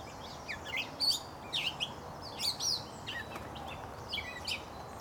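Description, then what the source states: Gray Catbird song: a varied jumble of short squeaky and scratchy notes at high pitch, phrases broken by brief pauses, over steady background noise. Catbird near a retaining pond on a hot, humid day walk; catbirds described as social and letting people get very close.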